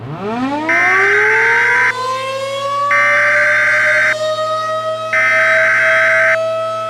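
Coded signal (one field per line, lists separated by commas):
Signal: Emergency Alert System (SAME) tones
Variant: header bursts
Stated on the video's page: Fictional EAS scenario of a worst-case Illinois tornado outbreak.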